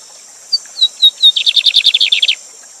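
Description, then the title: Lined seedeater song: four separate whistles, then a fast rattling buzzy trill of around a dozen notes; a constant high hiss runs throughout. Teacher bird (professor de canto) named Gavião Negro, singing live with a waterfall. "Bigode Gavião Negro Professor De Canto Cantando Ao Vivo Com Cascata"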